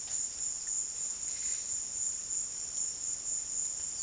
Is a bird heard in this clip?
no